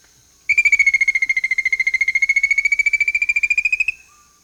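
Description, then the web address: Rufous-capped antthrush song: a rapid, even run of whistled notes lasting over three seconds, dipping slightly then rising in pitch toward the end, over a steady high insect whine. Amazon, Peru. "Birds of the Amazon 3. Rufous-capped Antthrush (Formicarius colma), Peru"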